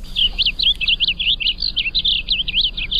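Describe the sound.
Blue Grosbeak song, a rapid, continuous warble of rising and falling sweet notes running without pause for about three seconds.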